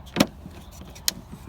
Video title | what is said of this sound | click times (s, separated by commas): Fitting front light guards to Land Rover Freelander 2 | should hear there, a click. | 1.1 s